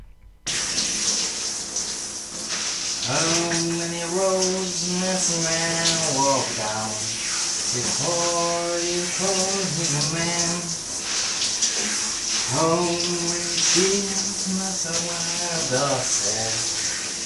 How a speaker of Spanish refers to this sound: nos manda su peculiar versión en la ducha de …